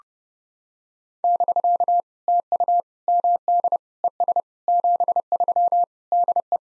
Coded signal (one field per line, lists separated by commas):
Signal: Morse code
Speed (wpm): 30 wpm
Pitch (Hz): 700 Hz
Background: none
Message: <BK> TU MD ES 73 DE